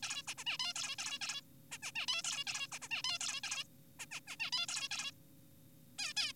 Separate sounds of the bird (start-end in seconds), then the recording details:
0.03-0.23, 0.28-0.34, 0.38-0.44, 0.47-0.57, 0.59-0.73, 0.76-0.96, 0.99-1.19, 1.22-1.42, 1.72-1.78, 1.83-1.92, 1.96-2.06, 2.08-2.22, 2.24-2.44, 2.47-2.67, 2.72-2.79, 2.82-2.88, 2.91-3.02, 3.04-3.18, 3.21-3.41, 3.44-3.64, 4.00-4.06, 4.12-4.20, 4.28-4.36, 4.40-4.51, 4.53-4.66, 4.69-4.88, 4.91-5.12, 5.99-6.13, 6.17-6.32. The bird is an adult. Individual g4p5U